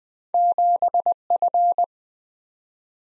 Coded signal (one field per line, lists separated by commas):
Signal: Morse code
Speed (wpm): 20 wpm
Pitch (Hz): 700 Hz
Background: none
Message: 7F